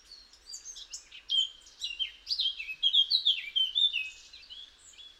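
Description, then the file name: Eurasian blackcap song: a continuous, hurried warble of squeaky, twittering high notes over several seconds, loudest in the middle. "Sylvia atricapilla"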